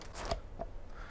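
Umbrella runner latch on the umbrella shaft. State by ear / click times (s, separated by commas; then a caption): seated / 0.3 s. After the release button is pressed and a banana-shaped umbrella is pushed open, its runner latch slides up the shaft and clicks at 0.3 s as it locks into the open position. Fainter ticks come at about 0.1 s and 0.6 s, and the umbrella stays locked open.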